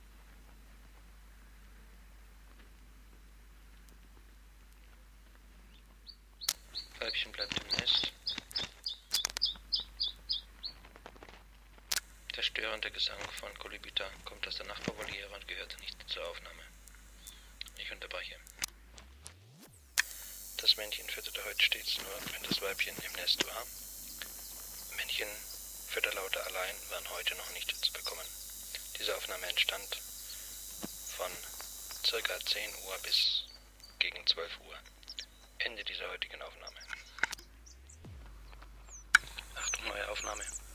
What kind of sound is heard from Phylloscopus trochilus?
call